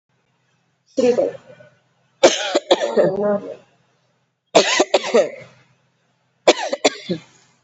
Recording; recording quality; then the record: shallow voluntary cough; excellent, no background noise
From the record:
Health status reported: COVID-19 positive, mild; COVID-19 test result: positive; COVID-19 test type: RT-PCR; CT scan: not taken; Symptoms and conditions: cough, cold, sore throat, fever, fatigue, muscle pain, another condition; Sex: female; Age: 32 years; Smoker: no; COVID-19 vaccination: both doses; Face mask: not worn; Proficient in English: yes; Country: India